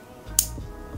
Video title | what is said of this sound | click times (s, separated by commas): How to Put a CGM in the Back of Your Arm! (Using Medtronic Guardian 4 CGM) | and you should hear that click that means the needle has now retracted in there | 0.4 s